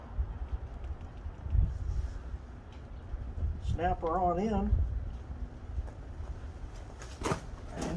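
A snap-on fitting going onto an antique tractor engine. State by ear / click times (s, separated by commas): seated / 7.0 s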